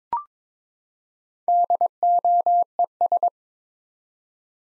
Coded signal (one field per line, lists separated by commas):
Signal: Morse code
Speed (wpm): 22 wpm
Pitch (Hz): 700 Hz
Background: none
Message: DOES